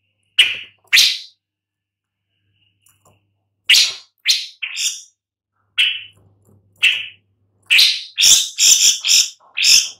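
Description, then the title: Long-tailed shrike giving scattered harsh, rasping notes with brief silences, ending in a tighter cluster of loud grating calls. "Lanius Schach"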